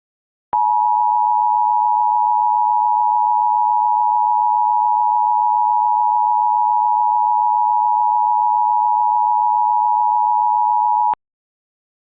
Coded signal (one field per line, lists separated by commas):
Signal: Emergency Alert System (SAME) tones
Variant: 853 and 960 Hz attention tone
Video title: EAS spectrum ￼